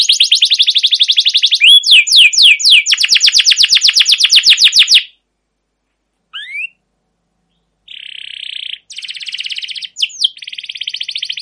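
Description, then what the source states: Canary song: a dense buzzy trill, then sweeping slurred notes and a long rapid roll, a pause with a lone rising note, and a final buzzy trill. Trilling song style called ngerol, with cuit cuit notes; a long gacor master recording used as a lure to stimulate and train other canaries.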